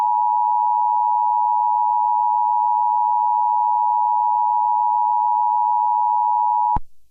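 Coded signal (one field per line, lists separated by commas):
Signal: Emergency Alert System (SAME) tones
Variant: 853 and 960 Hz attention tone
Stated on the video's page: Fictional EAS scenario about an Inkling invasion.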